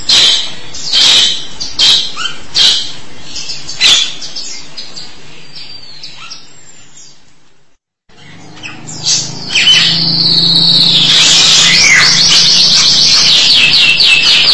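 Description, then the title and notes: Starling song: scattered clicks and short notes, a brief pause, then a loud stretch of scratchy warbling and descending whistles over a low steady hum. "suara burung jalak"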